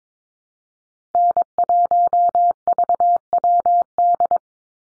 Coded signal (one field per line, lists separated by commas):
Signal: Morse code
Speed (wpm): 22 wpm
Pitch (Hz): 700 Hz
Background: none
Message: N1VWD